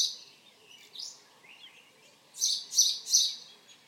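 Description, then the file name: House sparrow calls: a few softer, varied notes, then three loud, rapid chirps in quick succession near the end, over faint background noise. "Passer domesticus"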